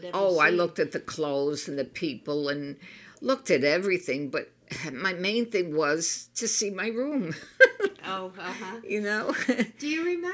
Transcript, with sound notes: Oh, I looked at the clothes and the people and looked at everything. But my main thing was to see my room. (she laughs) You know?
Do you remember being...